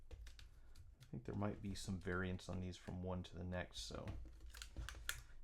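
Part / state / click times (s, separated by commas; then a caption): small logo-kit part into phone housing / seated / 5.1 s. Someone talks while a small part from a sound-activated flashing logo kit, which earlier would not stay in place (possibly because the parts vary from one to the next), is pressed back into an iPhone 6 Plus housing. A few faint ticks are heard, then a sharp click at 5.1 s as the part pops into place and seats.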